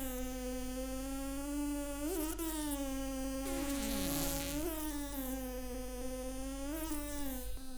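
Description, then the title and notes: Fly wingbeats: a continuous low droning buzz with a rich harmonic stack, wavering slightly in pitch, with brief swells and one burst of rougher fluttering midway. Several flies stuck on a sticky flypaper trap, beating their wings in desperation; Arlebosc, Auvergne-Rhône-Alpes, France. "Arlebosc, Auvergne-Rhône-Alpes, France - Le requiem des mouches. Collés sur leur piège de papier gluant, Je capte quelques battements d'ailes de désespoir"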